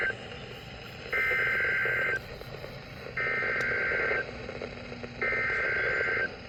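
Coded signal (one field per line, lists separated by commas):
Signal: Emergency Alert System (SAME) tones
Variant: header bursts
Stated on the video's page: NOAA Weather Radio station in Piedmont MO.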